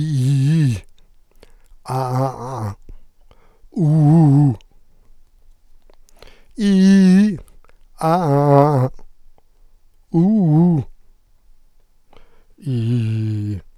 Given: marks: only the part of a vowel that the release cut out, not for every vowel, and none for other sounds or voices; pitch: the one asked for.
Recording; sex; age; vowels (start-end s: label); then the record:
sustained vowels; male; 70 to 79 years
0.00-0.67 s: vowel /i/, normal pitch
1.93-2.68 s: vowel /a/, normal pitch
3.85-4.48 s: vowel /u/, normal pitch
6.69-7.24 s: vowel /i/, high pitch
8.06-8.58 s: vowel /a/, high pitch
12.70-13.51 s: vowel /i/, low pitch
From the record:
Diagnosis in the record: contact pachydermia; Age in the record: 70 years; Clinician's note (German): Z.B. spasmodische Dysphonie